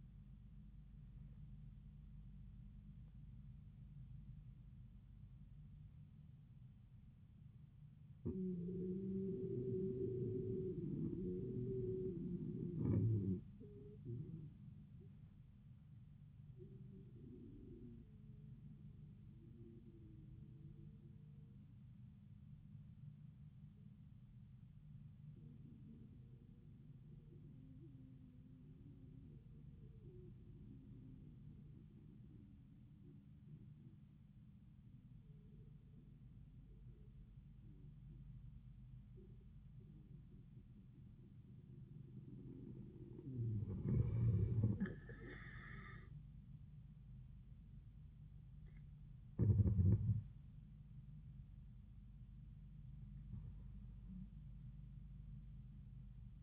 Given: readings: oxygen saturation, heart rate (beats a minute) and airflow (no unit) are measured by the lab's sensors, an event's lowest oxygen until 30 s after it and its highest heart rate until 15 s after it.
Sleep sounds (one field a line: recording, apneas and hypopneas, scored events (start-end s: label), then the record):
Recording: breathing in sleep by a smartphone at the bedside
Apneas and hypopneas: 1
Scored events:
4.00-44.40 s: obstructive apnea (N1, oxygen 98% highest, then 88% lowest, heart rate 81 at the start, 91 highest)
24.00-54.00 s: new sleep stage, N2 (light sleep)
54.00-56.43 s: new sleep stage, N1 (lightest sleep)
From the record:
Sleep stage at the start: N1 (lightest sleep)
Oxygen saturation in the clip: 77 to 98%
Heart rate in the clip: 59 to 91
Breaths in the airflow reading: 2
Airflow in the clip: -13.9 to 5.9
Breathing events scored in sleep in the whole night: 400 in 8.7 hours asleep